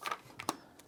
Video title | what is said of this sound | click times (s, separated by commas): How to Program the Hunter BTT Bluetooth Tap Timers - Single and Dual Outlet Irrigation Timers | Push it until it clicks into place. | 0.4 s, 0.5 s